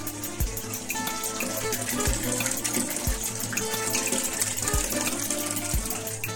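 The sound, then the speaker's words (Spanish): Steady, full-bodied rush of running water in the countryside with no pauses, broken every second or so by soft low thumps beneath the flow. No one speaks. “Este es mi agua.”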